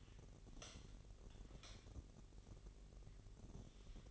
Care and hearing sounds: daily activity, microphone in the room; light on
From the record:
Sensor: 4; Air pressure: 1012.7 hPa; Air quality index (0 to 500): 247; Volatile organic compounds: 4 ppm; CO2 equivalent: 1683 ppm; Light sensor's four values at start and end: 15/35/14/14 and 17/45/18/19

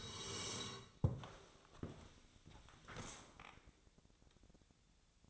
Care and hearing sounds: daily activity, microphone in the room; sit down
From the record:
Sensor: 3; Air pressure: 1000.4 hPa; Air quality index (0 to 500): 171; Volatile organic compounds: 3 ppm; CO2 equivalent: 1490 ppm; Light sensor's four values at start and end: 13/30/13/13 and 13/29/12/13

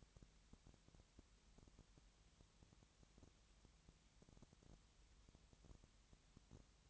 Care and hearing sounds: daily activity, microphone in the room; no activity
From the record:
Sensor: 3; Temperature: 20.6 degrees Celsius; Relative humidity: 34.7%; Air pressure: 1007.2 hPa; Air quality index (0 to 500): 137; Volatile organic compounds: 3 ppm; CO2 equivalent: 1527 ppm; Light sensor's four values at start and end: 2/3/2/2 and 2/3/2/2

